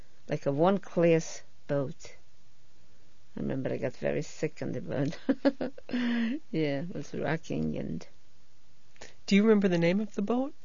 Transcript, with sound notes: Like a one class boat. I remember I got very sick on the boat. ( she laughs ) Yeah. It was rocking, and.
Do you remember the name of the boat?